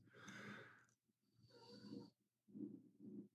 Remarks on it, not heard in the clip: Can you hear my dog snoring in the background?